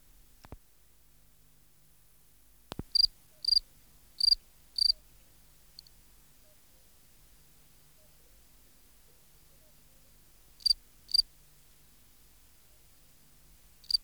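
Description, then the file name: Field cricket song: a few loud, high chirps in a short cluster, then a long silence before a few more, with a couple of sharp clicks early on. "Gryllus campestris"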